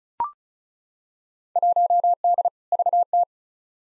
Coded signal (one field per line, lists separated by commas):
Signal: Morse code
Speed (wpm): 36 wpm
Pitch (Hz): 700 Hz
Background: none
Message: 1D VT